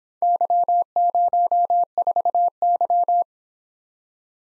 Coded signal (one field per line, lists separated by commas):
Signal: Morse code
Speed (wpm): 26 wpm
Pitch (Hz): 700 Hz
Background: none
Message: Y04Y